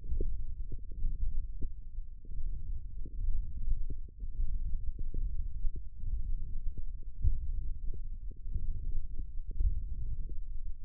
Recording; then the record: forearm muscle sounds (acoustic myography)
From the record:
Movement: tripod grip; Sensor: system 1, eight BSWA MPA416 microphones around the upper forearm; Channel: 6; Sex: male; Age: 21 years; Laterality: right